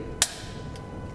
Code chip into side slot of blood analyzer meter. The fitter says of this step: the side of the meter and and push it until you hear click